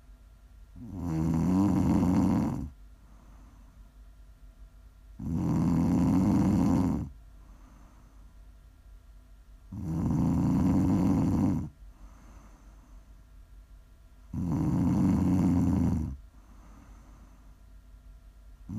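ASMR snoring from an adult sleeper: regular, low, rumbling snores on each breath in, about 14 per minute, with quiet breathing between them, for relaxing, winding down or falling asleep to.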